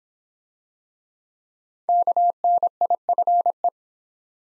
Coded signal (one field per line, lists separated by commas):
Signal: Morse code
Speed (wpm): 26 wpm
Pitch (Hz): 700 Hz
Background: none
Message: KNIFE